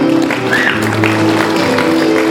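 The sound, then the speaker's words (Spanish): A crowd claps steadily in a dense, continuous wash of applause at the 2014 class graduation ceremony of the school UE Maranata as a student receives her certificates for 12 years of study, holding at an even level for a couple of seconds, with a low sustained tone humming underneath. “Fuerte los aplausos, por favor.”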